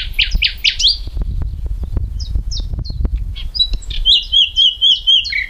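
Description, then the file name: Common nightingale giving loud chirps, then brief high notes over a low rumbling, crackling background, ending in a quick series of bright repeated whistled notes. "Luscinia megarhynchos"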